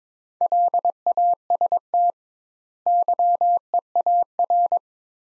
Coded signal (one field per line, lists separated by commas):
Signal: Morse code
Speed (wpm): 21 wpm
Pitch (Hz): 700 Hz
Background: none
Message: LAST YEAR